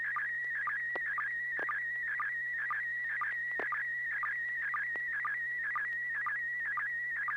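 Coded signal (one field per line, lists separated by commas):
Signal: SSTV (slow-scan television)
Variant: PD120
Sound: warbling tone in the upper midrange with regular short low chirps twice a second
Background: low mains hum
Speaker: this should be PD120 N6PGQ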